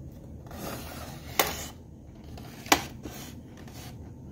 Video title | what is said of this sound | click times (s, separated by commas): How to Upgrade the HP Envy 27-b200 All in PC | you can hear the snaps releasing and the cover should lift right off to | 1.4 s, 2.7 s